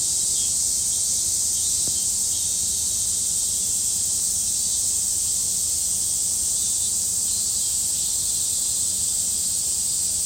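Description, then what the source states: Many cicadas buzzing together in an even, high-pitched drone that never breaks, with one brief faint click. Many cicadas heard in summer in a morning recording made at 4:43 a.m.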